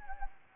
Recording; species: mosquito wingbeat signal from an infrared sensor; Anopheles gambiae